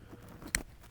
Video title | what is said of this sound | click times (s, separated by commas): Eden Garden Hose Quick Connect Set Review: Snap & Lock Fittings | you hear the click, and then you're cooking with gas again, or cooking with water. | 0.6 s